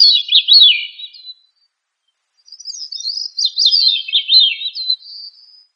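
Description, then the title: A thrush ends one warbling phrase, then after a silent gap sings a longer, three-second run of fast rising and falling notes. "Familia Turdidae - Sabia"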